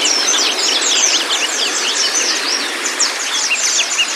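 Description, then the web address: White-eye song: busy, high-pitched twittering from several birds, quick slurred chips tumbling over one another without a break. Cage-bird training audio played to pleci so they open their beaks and start singing. "audio pleci-terapi-buka-paruh"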